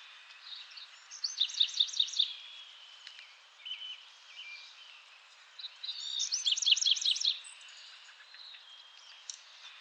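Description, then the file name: Bewick's wren song, two high phrases of buzzy notes and rapid trills, a few seconds apart, over a steady hiss of background noise. Recorded in Hyde Park on 20 February 2019 at 08:02. "Hydep BEWR"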